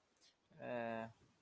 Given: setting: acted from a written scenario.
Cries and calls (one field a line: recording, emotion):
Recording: vocal sound without words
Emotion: embarrassment